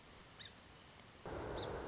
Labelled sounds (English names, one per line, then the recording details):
Song Sparrow
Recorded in Sonoma County, California